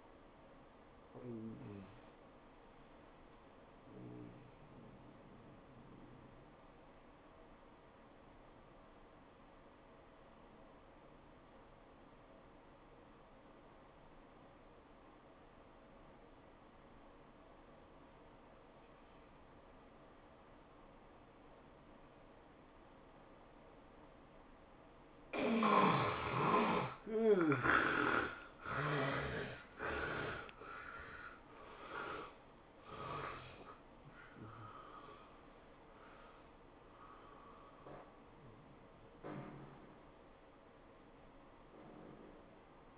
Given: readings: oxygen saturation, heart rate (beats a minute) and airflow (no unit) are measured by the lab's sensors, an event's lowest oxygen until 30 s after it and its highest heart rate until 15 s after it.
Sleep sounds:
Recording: breathing in sleep by a voice recorder at the bedside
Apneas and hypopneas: 1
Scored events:
12.00-26.10 s: obstructive apnea (N1, oxygen 97% highest, then 70% lowest, heart rate 95 at the start, 108 highest)
From the record:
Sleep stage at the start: N1 (lightest sleep)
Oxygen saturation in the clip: 70 to 97%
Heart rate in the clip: 81 to 108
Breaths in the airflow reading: 6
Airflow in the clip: -16.1 to 13.7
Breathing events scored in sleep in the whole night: 403 in 5.5 hours asleep

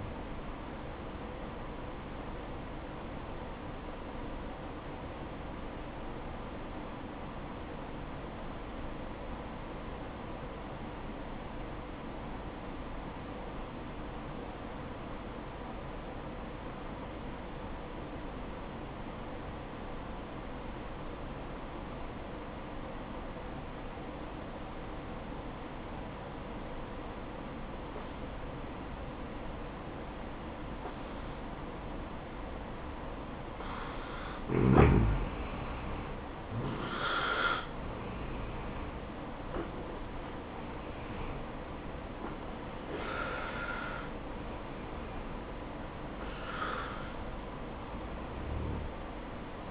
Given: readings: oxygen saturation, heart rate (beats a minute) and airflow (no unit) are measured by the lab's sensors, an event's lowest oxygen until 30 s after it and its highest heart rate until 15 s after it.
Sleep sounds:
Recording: breathing in sleep by a voice recorder at the bedside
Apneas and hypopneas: 1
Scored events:
3.00-37.30 s: obstructive apnea (N1, oxygen 94% highest, then 87% lowest, heart rate 63 at the start, 67 highest)
From the record:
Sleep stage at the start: N1 (lightest sleep)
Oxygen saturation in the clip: 86 to 94%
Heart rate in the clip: 59 to 68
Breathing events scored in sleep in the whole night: 573 in 9.8 hours asleep

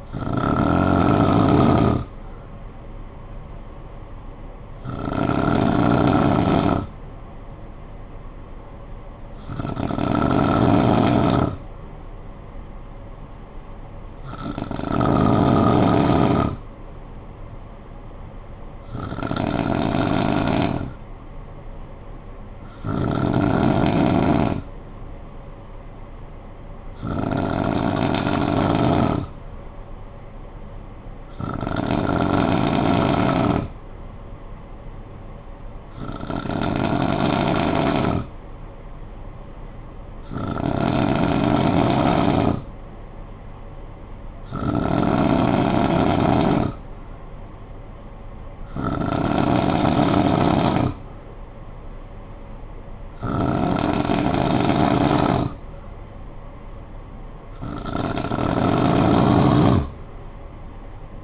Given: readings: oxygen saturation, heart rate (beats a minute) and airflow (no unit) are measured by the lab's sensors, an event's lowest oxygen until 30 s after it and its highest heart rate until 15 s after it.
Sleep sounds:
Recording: breathing in sleep by a smartphone at the bedside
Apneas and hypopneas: 1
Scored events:
15.00-38.20 s: hypopnea (N2, oxygen 96% highest, then 89% lowest, heart rate 54 at the start, 59 highest)
From the record:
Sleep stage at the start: N2 (light sleep)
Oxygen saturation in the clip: 89 to 96%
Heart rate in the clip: 51 to 60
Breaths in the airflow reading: 14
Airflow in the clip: -7.7 to 6.2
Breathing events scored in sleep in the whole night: 445 in 7.6 hours asleep

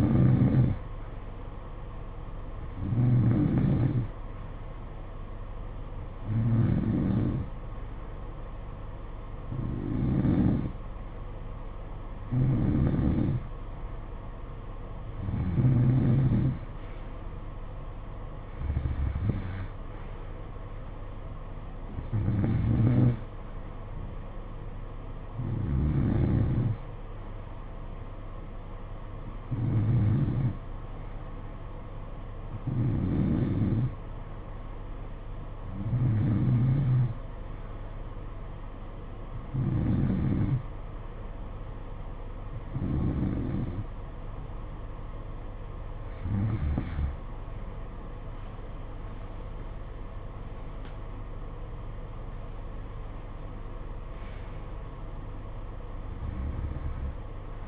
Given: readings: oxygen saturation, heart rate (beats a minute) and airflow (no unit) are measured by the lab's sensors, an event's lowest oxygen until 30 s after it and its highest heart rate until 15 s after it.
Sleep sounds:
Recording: breathing in sleep by a smartphone at the bedside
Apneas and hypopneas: 1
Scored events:
31.00-49.60 s: hypopnea (N2, oxygen 92% highest, then 90% lowest, heart rate 56 at the start, 64 highest)
From the record:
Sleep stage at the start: N2 (light sleep)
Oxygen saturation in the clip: 89 to 92%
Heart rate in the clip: 56 to 66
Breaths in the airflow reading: 18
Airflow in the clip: -10.7 to 8.2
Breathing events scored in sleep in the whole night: 476 in 9.7 hours asleep

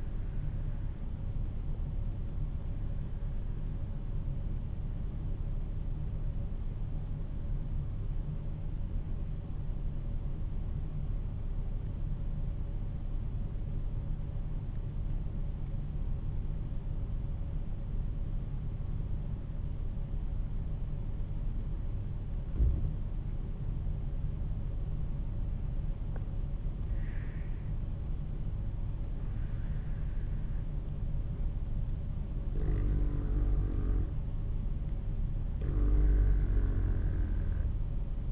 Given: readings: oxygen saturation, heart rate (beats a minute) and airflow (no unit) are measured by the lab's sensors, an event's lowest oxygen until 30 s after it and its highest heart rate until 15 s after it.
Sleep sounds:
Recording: breathing in sleep by a smartphone at the bedside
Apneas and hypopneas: 1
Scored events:
5.00-26.60 s: hypopnea (N1, oxygen 95% highest, then 89% lowest, heart rate 48 at the start, 52 highest)
7.00-38.32 s: new sleep stage, N2 (light sleep)
From the record:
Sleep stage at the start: N1 (lightest sleep)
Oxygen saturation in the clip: 87 to 95%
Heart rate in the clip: 46 to 52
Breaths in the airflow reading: 4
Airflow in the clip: -5.8 to 8.2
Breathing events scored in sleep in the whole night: 388 in 6.5 hours asleep

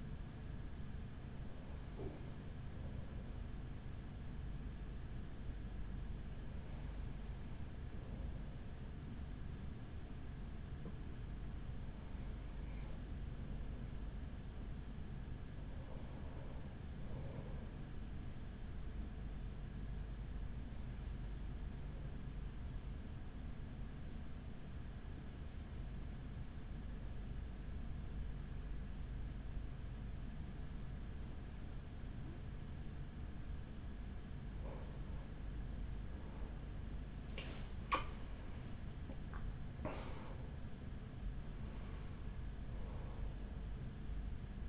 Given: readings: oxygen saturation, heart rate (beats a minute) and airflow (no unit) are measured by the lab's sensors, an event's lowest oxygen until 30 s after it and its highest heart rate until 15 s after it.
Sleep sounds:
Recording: breathing in sleep by a smartphone at the bedside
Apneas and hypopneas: 2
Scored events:
3.00-14.80 s: hypopnea (N1, oxygen 95% highest, then 94% lowest, heart rate 45 at the start, 48 highest)
22.00-38.00 s: hypopnea (N1, oxygen 95% highest, then 94% lowest, heart rate 47 at the start, 62 highest)
From the record:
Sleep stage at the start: N1 (lightest sleep)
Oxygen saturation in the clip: 94 to 95%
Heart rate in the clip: 43 to 62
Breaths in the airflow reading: 10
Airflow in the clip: -7.1 to 8.1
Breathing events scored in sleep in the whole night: 207 in 7.6 hours asleep

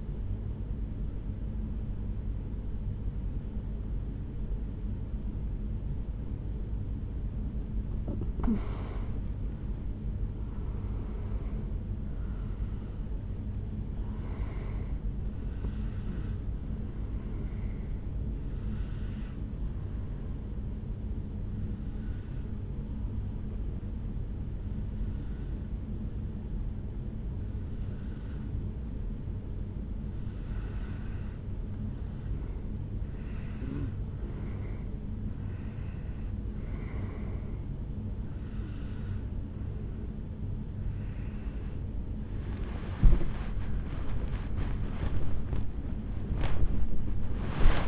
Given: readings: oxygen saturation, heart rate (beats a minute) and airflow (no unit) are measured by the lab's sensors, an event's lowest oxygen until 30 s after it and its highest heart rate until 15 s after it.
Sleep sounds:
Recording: breathing in sleep by a smartphone at the bedside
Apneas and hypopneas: 1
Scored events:
0.00-9.00 s: awake
3.00-33.00 s: new sleep stage, N1 (lightest sleep)
22.00-41.70 s: hypopnea (N1, oxygen 97% highest, then 92% lowest, heart rate 62 at the start, 80 highest)
33.00-47.88 s: new sleep stage, awake
37.00-47.88 s: awake
From the record:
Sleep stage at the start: awake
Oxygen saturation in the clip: 92 to 98%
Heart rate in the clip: 62 to 82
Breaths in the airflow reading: 9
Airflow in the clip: -11.7 to 7.8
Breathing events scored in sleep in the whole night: 449 in 7.0 hours asleep

